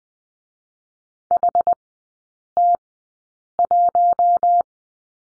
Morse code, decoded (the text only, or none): HT1